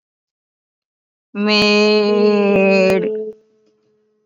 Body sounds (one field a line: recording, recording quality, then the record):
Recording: sustained vowel as in made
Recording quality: moderate, slight background noise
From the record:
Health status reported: COVID-19 positive, mild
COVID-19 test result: positive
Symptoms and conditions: none ticked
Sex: female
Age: 37 years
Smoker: not ticked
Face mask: worn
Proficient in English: yes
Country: India